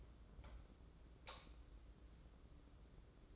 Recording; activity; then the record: daily activity, microphone in the room; light on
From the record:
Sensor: 3